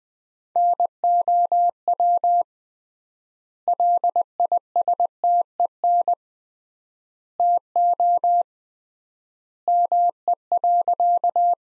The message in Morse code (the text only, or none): NOW LISTEN TO ME.